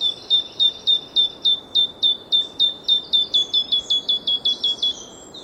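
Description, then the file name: Great tit calling continuously, many loud ringing notes falling then steady, with faint higher chirps joining midway. "Parus major"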